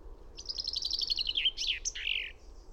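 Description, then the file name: Common chaffinch song: a rapid trill of sharp notes gliding downward, then ending in a brisk accented flourish. "Fringilla coelebs"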